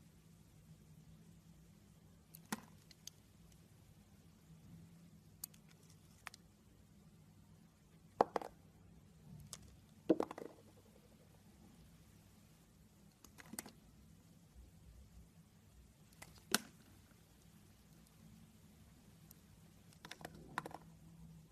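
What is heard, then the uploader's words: Soap being carved, with sharp scraping clicks and cuts every few seconds over a steady low hum, louder strokes around eight and ten seconds. This episode of the White Noise Podcast is SOAP CARVING.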